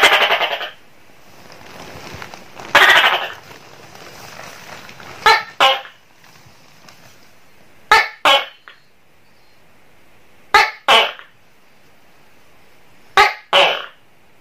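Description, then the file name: Tokay gecko beginning with rattling, drawn-out sounds, then a steady run of paired calls, a sharp short note and a harsher longer note, repeated every two to three seconds. "suara tokek seram"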